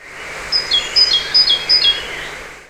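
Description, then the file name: Great tit song: four bright, see-sawing phrases of a high note then a lower one, repeated about every 0.4 seconds, over a steady background hiss. "Parus major"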